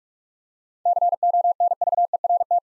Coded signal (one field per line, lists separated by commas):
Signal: Morse code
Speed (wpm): 46 wpm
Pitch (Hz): 700 Hz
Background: none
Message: CONVERT